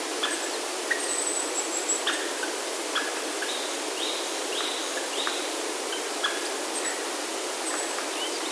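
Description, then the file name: Japanese green woodpecker giving a short series of arched notes in quick succession over a steady hiss. "aogera"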